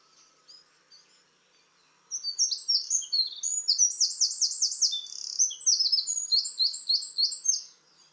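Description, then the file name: Eurasian wren delivering a rapid, loud song of high trilled and staccato notes, about five and a half seconds long. "Troglodytes troglodytes"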